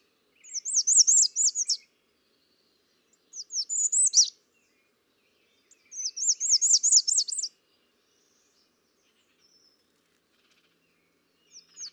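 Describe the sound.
American redstart song: several short high phrases of rapid sweeping notes, each about a second long, separated by pauses, against a quiet background.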